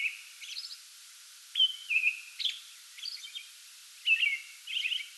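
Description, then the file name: American robin singing sparse whistled phrases and thin high notes separated by short gaps, over a steady background hiss. Pre-dawn song bout recorded 8 May 2022. "2022-05-08 American Robin pre-dawn song bout"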